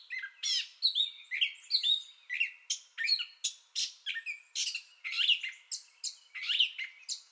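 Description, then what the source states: Gray catbird song of short, scratchy and whistled phrases, rapidly delivered and varied, with squeaks rising and falling in pitch. Entire song bout, 30 May 2021.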